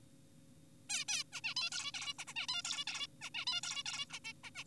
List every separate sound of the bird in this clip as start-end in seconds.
0.90-1.04, 1.08-1.24, 1.33-1.41, 1.44-1.54, 1.56-1.70, 1.72-1.92, 1.94-2.14, 2.19-2.25, 2.28-2.34, 2.36-2.47, 2.49-2.63, 2.65-2.85, 2.87-3.07, 3.22-3.30, 3.35-3.45, 3.47-3.61, 3.63-3.83, 3.86-4.06, 4.13-4.19, 4.25-4.33, 4.44-4.50, 4.55-4.64